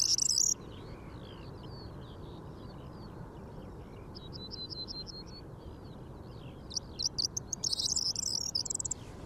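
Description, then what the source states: Corn bunting song: a loud jangling burst at the start, faint high ticking notes in the middle, then another jangling, rattled phrase near the end, over steady broad background noise. Garchinger Heide, 3 August 2015.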